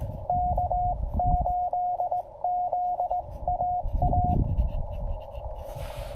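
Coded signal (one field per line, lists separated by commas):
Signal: Morse code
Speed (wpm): 20 wpm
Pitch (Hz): 700 Hz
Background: radio noise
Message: K8ZAA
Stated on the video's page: Five-watt CW park activation with a Penntek TR-45L, making twenty contacts.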